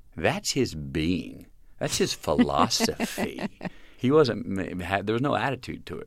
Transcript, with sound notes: that's his being. That's his philosophy.
(LAUGHTER)
He wasn't - there was no attitude to it.